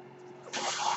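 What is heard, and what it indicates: A faint steady hum, then a sudden airy hiss as a home mechanical ventilator pushes air.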